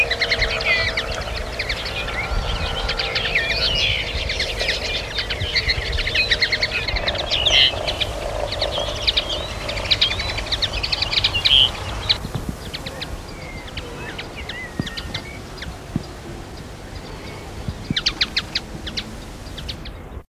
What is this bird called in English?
Common Linnet